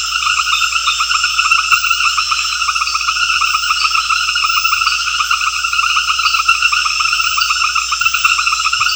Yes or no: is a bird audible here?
no